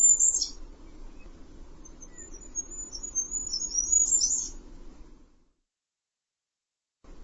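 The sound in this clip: Bird calls: two short, very high, sharp chirps about four seconds apart, joined by a faint thin high trace, over a low steady rumble before the sound cuts to silence.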